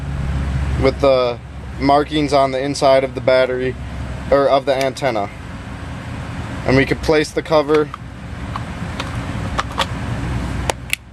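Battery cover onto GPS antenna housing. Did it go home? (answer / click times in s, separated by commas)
yes / 10.9 s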